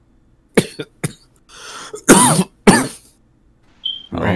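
About five harsh, dry coughs in an irregular burst, a coughing fit in an adult after smoking cannabis, a weed cough rather than a COVID cough.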